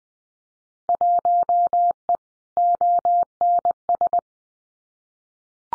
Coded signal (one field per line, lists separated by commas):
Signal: Morse code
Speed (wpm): 20 wpm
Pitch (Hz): 700 Hz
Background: none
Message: 1E ONS